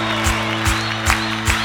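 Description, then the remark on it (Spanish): A live crowd at a live concert recording at the Super Deportivo venue in Córdoba claps in unison to a steady beat, about four sharp collective claps over a sustained musical tone, fairly loud. “¡Las palmas de todo el nuevo Super Deportivo!”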